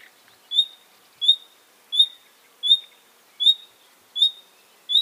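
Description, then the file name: Common nightingale calling with seven sharp, high whistled notes, repeated steadily roughly every three-quarters of a second. "Luscinia megarhynchos"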